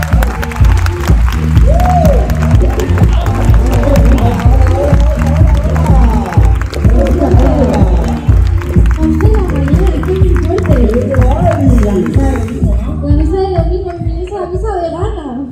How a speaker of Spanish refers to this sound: Así que sin más, un fuerte aplauso, malditos veganos.